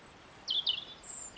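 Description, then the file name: European robin uttering two short, high, scratchy notes followed by a thin sustained whistle, with faint hiss behind. "Erithacus rubecula"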